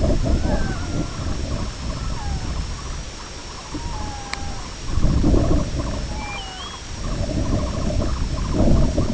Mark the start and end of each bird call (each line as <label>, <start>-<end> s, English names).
Red-throated Loon, 0.30-1.31 s
Sanderling, 0.45-3.03 s
Red-throated Loon, 1.92-2.47 s
Sanderling, 3.40-9.13 s
Red-throated Loon, 3.67-4.61 s
Red-throated Loon, 6.04-6.72 s
Grey Plover, 6.08-6.84 s